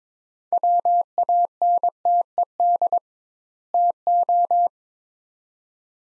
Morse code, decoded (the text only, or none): WANTED TO